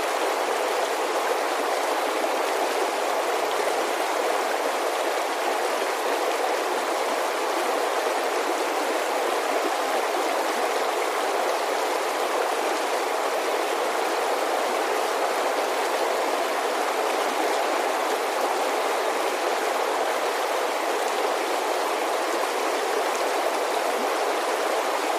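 An alpine creek rushes along in a steady, dense wash of water that holds the same level throughout. The sound is full, strongest in the middle and bright upper range with little low rumble. A faint low hum drifts in and out beneath it.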